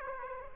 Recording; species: mosquito wingbeat signal from an infrared sensor; Aedes aegypti